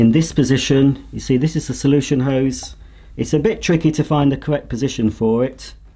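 The plastic solution hose end is being handled and positioned at its socket under the lifted green flap of a Bissell Big Green Clean Machine carpet washer, while someone talks throughout. The hose is not yet home: nothing has seated or clicked yet.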